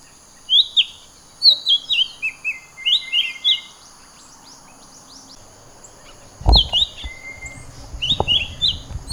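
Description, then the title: Bird singing a string of bright, falling chirps at a brisk pace, with a heavy knock partway through, then further chirp clusters. "SuaraBurung Kicau"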